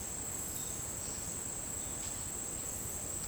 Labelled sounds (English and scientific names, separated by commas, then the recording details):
none
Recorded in secondary vegetation near Puerto Asís, Putumayo, Colombia, on 27 June 2025 at 11:30
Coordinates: 0.484, -76.319
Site G074